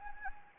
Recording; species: mosquito wingbeat signal from an infrared sensor; Anopheles gambiae